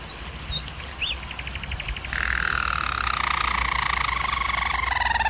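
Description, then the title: German Roller canary song opening with a few soft chirps and a short rattle, then bursting into a loud, continuous rolling trill that slowly descends, over a low hum. Canary singing in a training recording. "German Roller Canary Singing - Canary Training Vid"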